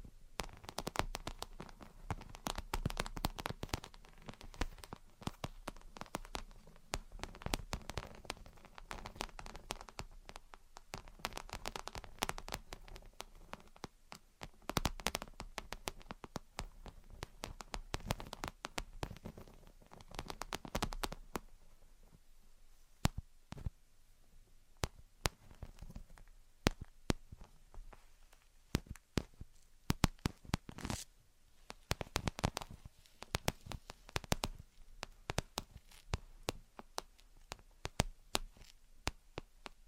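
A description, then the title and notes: Gentle tapping and scratching: a busy stream of short, crisp taps with a soft scratchy wash underneath for the first twenty seconds or so. After that the taps thin out into scattered clusters with brief quiet gaps, some louder hits standing out. Gentle Tapping and Scratching. (No Talking).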